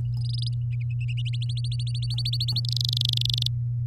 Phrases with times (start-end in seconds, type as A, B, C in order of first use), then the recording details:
0.17-0.49 A, 1.33-2.60 B, 2.65-3.47 C. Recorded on 9 May 2018 at 09:27. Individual llb16